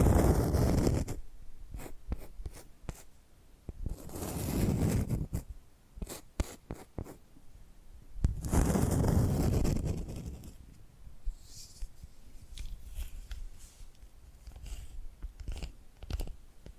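Tapping and scratching with sharp clicks scattered throughout, broken by longer rough scratching bursts near the start, around four seconds, and nine seconds.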